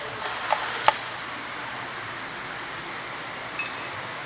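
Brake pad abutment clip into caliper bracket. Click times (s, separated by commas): 0.5 s, 0.9 s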